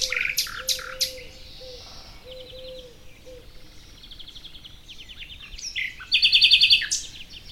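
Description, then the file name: Common nightingale song: sharp loud notes open, then softer phrases, ending in a very rapid, loud rattling trill; a low repeated call sounds underneath early on. "Luscinia megarhynchos"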